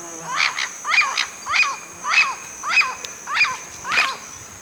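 Bird calls: a regular series of bright, down-slurred chirps, about every 0.6 seconds, with a constant high whine behind them.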